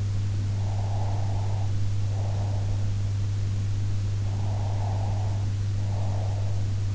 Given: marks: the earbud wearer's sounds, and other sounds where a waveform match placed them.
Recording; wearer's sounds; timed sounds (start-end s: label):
sounds in sleep by an in-ear microphone; breath
0.55-2.95 s: breath
4.35-6.81 s: breath